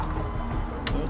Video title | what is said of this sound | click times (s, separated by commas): A total breakdown & Cleaning up of the Hoover Power Scrub for 2022 | here i can click | 0.9 s